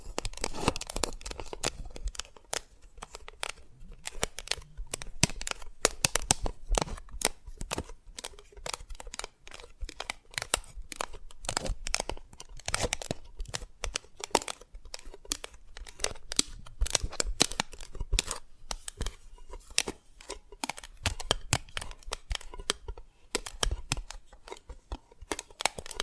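Dense, rapid tapping and cracking on brittle candy, with sharp, bright clicks arriving many times per second for the whole stretch. The sounds are close and crisp, with brief scraping and crinkling textures in between and a quiet small-room background.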